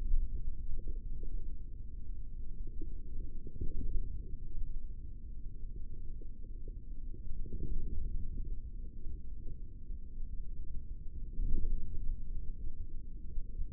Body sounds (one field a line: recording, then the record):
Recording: forearm muscle sounds (acoustic myography)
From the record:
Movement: forearm supination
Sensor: system 3, bracelet of six PUI Audio POM-2738L microphones around the upper forearm, with dedicated amplification and filtering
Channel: 6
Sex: male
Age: 23 years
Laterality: right